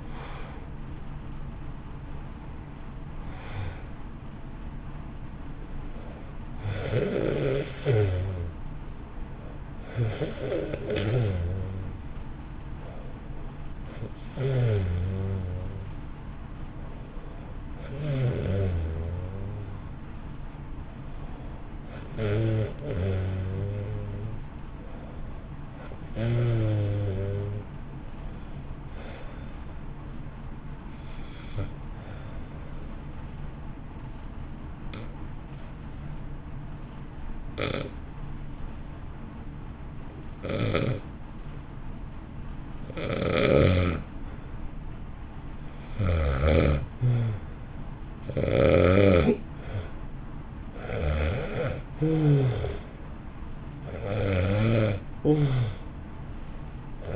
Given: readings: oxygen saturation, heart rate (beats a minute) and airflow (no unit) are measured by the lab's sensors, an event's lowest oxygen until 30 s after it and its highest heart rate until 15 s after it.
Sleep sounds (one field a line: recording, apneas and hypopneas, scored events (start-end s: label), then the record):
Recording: breathing in sleep by a smartphone at the bedside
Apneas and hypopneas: 1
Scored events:
28.00-46.20 s: hypopnea (N1, oxygen 96% highest, then 86% lowest, heart rate 55 at the start, 60 highest)
From the record:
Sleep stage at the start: N1 (lightest sleep)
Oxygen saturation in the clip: 86 to 96%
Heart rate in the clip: 51 to 62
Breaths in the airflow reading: 16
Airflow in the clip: -2.0 to 2.0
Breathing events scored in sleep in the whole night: 328 in 6.3 hours asleep